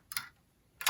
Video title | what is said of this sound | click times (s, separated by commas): LEGO Star Wars Millennium Falcon Review! - 2019 (75257) | listen for the little click | 0.1 s, 0.8 s